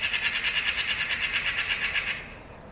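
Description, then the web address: Bird rattle of quick, regular harsh pulses running for about two seconds before stopping abruptly. "cianscape birddata Deverinetal"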